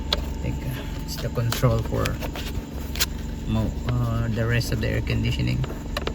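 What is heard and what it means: A wiring connector, thought to belong to the air conditioning control, is handled at the dashboard control panel of a 9th-generation (2001–2007) Corolla during a hazard button repair. Someone talks over faint rustling and a few brief handling knocks. Nothing has seated or clicked yet.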